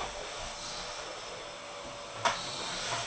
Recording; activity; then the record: daily activity, microphone in the room; vacuum cleaning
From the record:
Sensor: 5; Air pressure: 988.8 hPa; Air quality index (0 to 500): 236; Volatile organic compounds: 200 ppm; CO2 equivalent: 4213 ppm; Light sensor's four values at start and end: 39/121/47/50 and 39/121/47/50